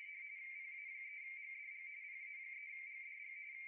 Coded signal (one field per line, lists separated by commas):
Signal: RTTY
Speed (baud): 45.45 baud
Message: PA3GDG PA3GDG